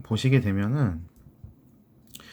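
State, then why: Seated. A moving part of an FG knot binder, a fishing knot-tying tool, is moved and snaps into its detent. Someone talks at the start, then after a quiet pause a short, sharp click lands at 2.1 s with a faint follow-up tick. The part seats in place.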